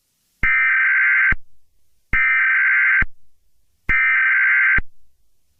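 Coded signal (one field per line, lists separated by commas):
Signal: Emergency Alert System (SAME) tones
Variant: header bursts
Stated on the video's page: Fictional EAS scenario alert, not a real broadcast.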